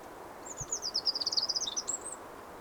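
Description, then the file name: Eurasian wren singing a short, rapid, high trill of tightly packed notes for under two seconds, ending on a thin rising note, with low background hiss. "Troglodytes troglodytes"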